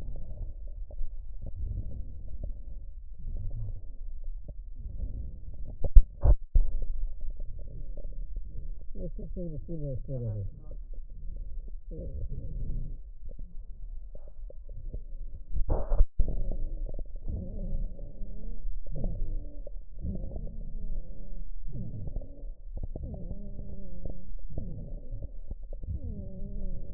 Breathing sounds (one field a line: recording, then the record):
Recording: lung sounds by stethoscope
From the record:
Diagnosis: emphysema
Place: left posterior upper chest